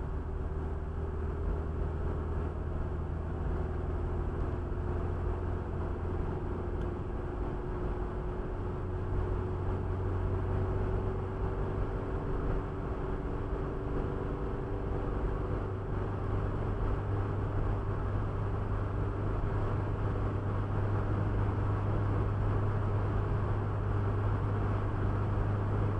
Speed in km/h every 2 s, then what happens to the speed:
74, 77, 81, 84, 87, 90, 91, 93, 95, 95, 96, 96, 96.
0-11 speeds up to 91. 11-26 steady at about 95.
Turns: none.